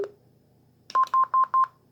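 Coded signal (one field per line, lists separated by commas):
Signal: none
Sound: radio's menu key beep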